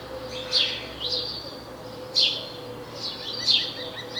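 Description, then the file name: House sparrow giving short, sharp chirps, singly or in pairs, every second or so over a low steady hum. "Passer domesticus"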